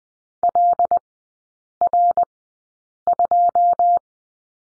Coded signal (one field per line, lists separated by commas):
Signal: Morse code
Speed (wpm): 20 wpm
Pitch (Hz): 700 Hz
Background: none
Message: LR2